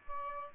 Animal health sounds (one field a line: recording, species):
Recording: mosquito wingbeat signal from an infrared sensor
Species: Aedes albopictus